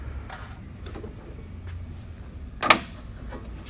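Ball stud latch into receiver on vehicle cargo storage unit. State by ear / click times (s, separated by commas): seated / 2.7 s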